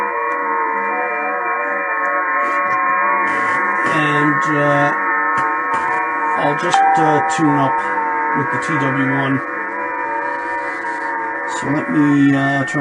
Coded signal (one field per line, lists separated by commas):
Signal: FT8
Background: speech